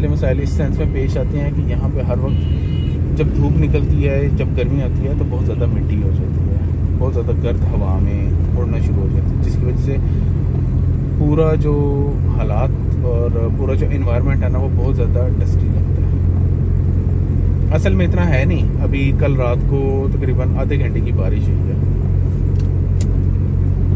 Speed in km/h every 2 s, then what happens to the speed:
18, 18, 19, 19, 19, 19, 19, 19, 19, 20, 20, 20.
0-24 steady at about 19.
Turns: none.